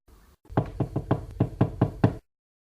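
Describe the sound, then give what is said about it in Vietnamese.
Soft, steady knocking on a door from outside, about seven evenly spaced raps that stop abruptly, with no voices. A younger sister knocks gently at her older sister's door. “Tề Tư Mục ở bên ngoài nhẹ nhàng gõ cửa.”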